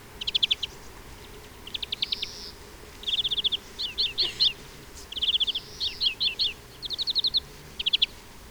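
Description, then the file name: European greenfinch chatters in repeated quick trilled bursts with a couple of wheezy rising notes mixed in, calling almost continuously. "Chloris chloris"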